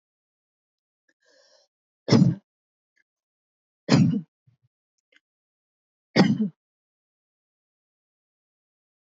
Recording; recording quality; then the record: heavy voluntary cough; excellent, no background noise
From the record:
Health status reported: healthy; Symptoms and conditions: none ticked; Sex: male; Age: 27 years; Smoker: not ticked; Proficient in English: yes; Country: India